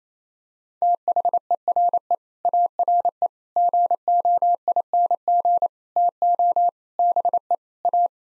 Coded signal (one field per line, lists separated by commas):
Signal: Morse code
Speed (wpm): 28 wpm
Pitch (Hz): 700 Hz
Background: none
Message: THERE ARE GOING TO BE A